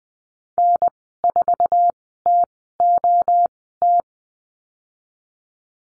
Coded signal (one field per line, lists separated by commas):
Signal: Morse code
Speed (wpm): 20 wpm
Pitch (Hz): 700 Hz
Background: none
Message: N4TOT